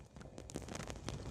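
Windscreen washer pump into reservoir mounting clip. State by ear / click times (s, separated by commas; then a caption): not seated / none. A new windscreen washer pump for a VW Caddy Mk3 is squeezed onto its plastic mounting clip on the washer reservoir, producing a series of faint, short scrapes and ticks at about 0.5, 0.6, 0.8, 0.9 and 1.1 seconds over low background noise. The first push misses, so the pump has not clicked onto the clip yet.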